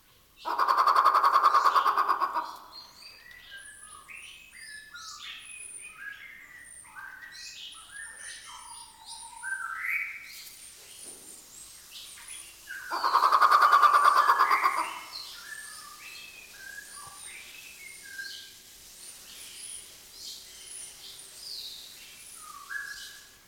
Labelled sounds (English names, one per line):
White-rumped Shama